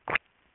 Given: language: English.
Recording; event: throat vibration sensor signal played as sound; swallow